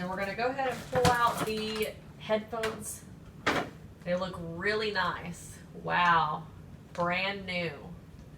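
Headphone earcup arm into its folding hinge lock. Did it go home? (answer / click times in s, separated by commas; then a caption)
no / none. Plastic foldable Polaroid Bluetooth wireless headphones are taken out and handled while someone talks, with a brief sharp sound at 3.5 seconds. The hinged earcup arms have not yet snapped into their locked open position, so nothing has seated yet.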